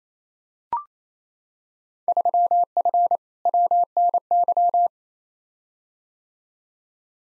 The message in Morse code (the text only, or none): 3F WNY